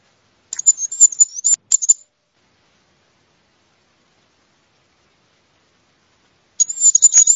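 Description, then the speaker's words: Goldcrest song: very high, thin, fast-repeating notes in a short burst, then a long silence before a second brief high-pitched run begins. Male song. "Reyezuelo Sencillo. Canto del macho."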